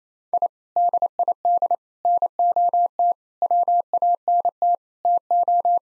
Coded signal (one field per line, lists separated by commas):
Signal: Morse code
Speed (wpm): 28 wpm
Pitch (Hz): 700 Hz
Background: none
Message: I DID NOT WANT TO